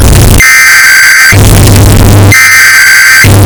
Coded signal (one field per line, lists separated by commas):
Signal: Emergency Alert System (SAME) tones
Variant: header bursts